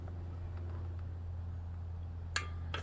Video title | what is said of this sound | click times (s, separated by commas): Replacing the outer Primary Cover and Gasket on my 2004 Harley Dyna FXDI Super Glide - Take 2 | Did you hear it click? | 2.4 s